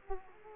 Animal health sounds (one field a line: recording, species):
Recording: mosquito wingbeat signal from an infrared sensor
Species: Culex quinquefasciatus